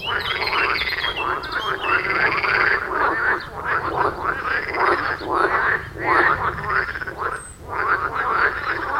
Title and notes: Wohlsborn, Deutschland - Froschkonzert. Frog concert. Froschkonzert am Dorfteich in Wohlsborn